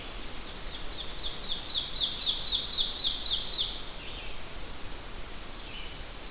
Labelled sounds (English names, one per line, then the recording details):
Ovenbird song
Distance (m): 30 m
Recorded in boreal forest in Alberta, Canada, on 12 June 2016 at 07:10
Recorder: SongMeter 3, array SBT-3-18
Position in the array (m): 239 m, 84 m
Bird 31